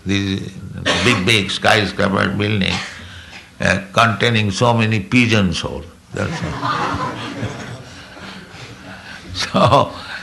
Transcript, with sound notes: this big, big skyscraper building containing so many pigeon's hole. [laughter] That's all.